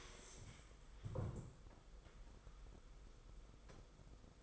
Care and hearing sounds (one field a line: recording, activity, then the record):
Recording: daily activity, microphone in the room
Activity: stand up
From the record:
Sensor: 5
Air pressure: 990.6 hPa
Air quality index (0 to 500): 150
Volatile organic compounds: 164 ppm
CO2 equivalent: 4083 ppm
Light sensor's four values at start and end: 46/139/53/57 and 46/138/53/57